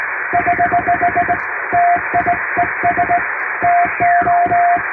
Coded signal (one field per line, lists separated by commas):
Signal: Morse code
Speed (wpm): 20 wpm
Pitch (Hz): 700 Hz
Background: radio noise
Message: <HH> TIES TO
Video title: 【実演！通信士がモールス符号を打つ】欧文ＣＷを縦振り電鍵ＨＫ－８０８で叩いてみました。生身のモールス信号で受信練習をしてみませんか(training for radio operator)